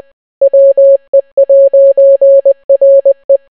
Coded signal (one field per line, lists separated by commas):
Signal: Morse code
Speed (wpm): 20 wpm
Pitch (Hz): 550 Hz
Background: none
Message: WE'RE